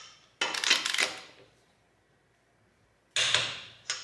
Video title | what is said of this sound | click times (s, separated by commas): Craftsman 1/2 Inch Drive Click Torque Wrench Review | you don't have to worry about losing your adjustment which is just great it's got a nice solid click | 0.4 s